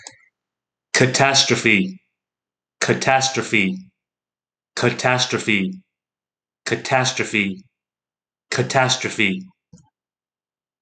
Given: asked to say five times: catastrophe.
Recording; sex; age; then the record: repeated word; male; 40 to 49 years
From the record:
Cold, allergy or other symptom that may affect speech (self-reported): no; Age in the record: 45 years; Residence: United States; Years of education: 16